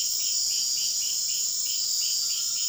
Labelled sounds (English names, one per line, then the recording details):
none
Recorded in dense forest near Puerto Asís, Putumayo, Colombia, on 19 February 2024 at 00:00
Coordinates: 0.499, -76.324
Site G6469